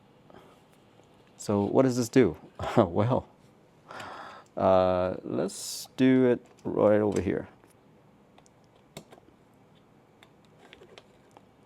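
A plastic Nintendo Switch 2 game cartridge is handled near a slot of a plastic 41-slot game-case holder cube while someone talks. Small sharp handling clicks and taps follow in the quieter stretch after the talking. Nothing has clicked or seated into the slot yet.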